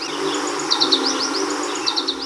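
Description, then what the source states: Rufous-collared Sparrow night song: quick series of thin, high, downslurred notes in short bursts, partly masked by a strong, steady background noise. Nocturnal song given at night or at dawn while still dark, completely different from the daytime song and often mistaken for another species; very hard to record.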